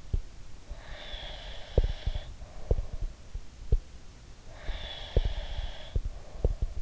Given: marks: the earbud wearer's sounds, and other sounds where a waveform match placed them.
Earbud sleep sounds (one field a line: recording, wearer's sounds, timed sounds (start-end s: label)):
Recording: sounds in sleep by an in-ear microphone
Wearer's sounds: breath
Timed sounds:
0.00-0.23 s: sound from someone else or the room
0.59-3.16 s: breath
1.74-3.82 s: sound from someone else or the room
4.49-6.82 s: breath
4.66-6.82 s: sound from someone else or the room